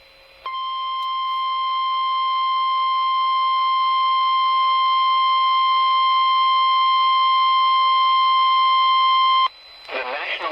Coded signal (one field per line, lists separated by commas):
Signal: Emergency Alert System (SAME) tones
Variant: 1050 Hz attention tone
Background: speech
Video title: Emergency Alert System EAS Severe Thunderstorm Watch #179 Western Oklahoma KCLI-AM/FM Clinton, OK